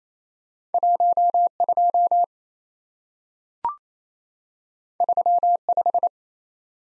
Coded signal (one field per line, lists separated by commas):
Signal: Morse code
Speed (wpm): 28 wpm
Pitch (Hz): 700 Hz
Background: none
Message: 12 35